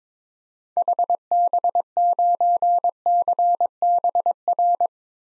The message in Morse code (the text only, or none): HB9CBR